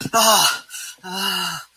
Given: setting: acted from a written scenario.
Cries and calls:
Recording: vocal sound without words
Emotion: distress

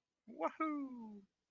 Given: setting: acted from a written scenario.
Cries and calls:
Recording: vocal sound without words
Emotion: elation

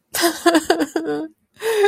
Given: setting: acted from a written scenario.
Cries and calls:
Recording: vocal sound without words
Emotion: sadness

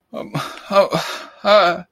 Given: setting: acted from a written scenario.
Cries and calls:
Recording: vocal sound without words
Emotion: distress

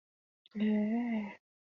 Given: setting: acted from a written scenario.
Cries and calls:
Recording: vocal sound without words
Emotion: contentment

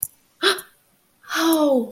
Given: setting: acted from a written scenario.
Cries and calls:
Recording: vocal sound without words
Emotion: realization

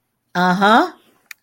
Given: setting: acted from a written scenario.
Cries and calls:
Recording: vocal sound without words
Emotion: pride

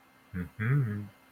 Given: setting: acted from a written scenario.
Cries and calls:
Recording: vocal sound without words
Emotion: desire

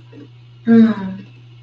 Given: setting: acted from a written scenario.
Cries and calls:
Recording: vocal sound without words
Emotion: contentment

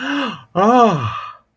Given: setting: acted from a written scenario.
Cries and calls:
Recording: vocal sound without words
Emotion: positive surprise

